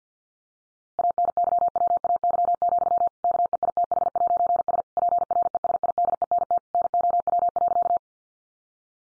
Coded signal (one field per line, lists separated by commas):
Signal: Morse code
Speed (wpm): 49 wpm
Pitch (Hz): 700 Hz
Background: none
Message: ANYWAY, KEITH'S PRESIDENT NOW.